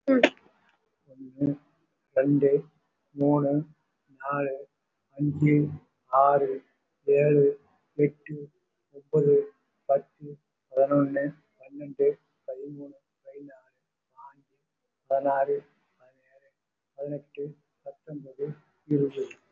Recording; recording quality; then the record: counting at a normal pace; excellent, no background noise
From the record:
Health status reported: respiratory illness, not identified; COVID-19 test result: negative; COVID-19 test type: RT-PCR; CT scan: not taken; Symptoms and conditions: breathing difficulty, chronic lung disease, hypertension, diabetes, ischaemic heart disease, another condition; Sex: male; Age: 64 years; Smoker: yes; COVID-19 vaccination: both doses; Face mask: worn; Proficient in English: yes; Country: India